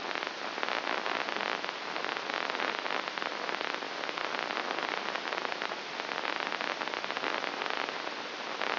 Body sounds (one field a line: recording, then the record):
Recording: brain microelectrode recording played as sound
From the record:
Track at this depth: inside the subthalamic nucleus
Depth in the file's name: 4.102 mm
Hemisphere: left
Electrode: 2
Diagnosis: Parkinson's disease